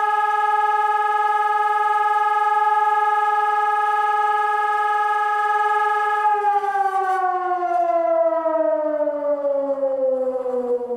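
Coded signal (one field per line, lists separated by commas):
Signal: siren signal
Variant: electronic siren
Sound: loud steady siren tone with rich harmonics, then the pitch slowly winds down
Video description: Monatliche Sirenenprobe der Feuerwehrsirenen in Bad Honnef am 26.08.2017 um 12 Uhr mit dem Signal "Feueralarm".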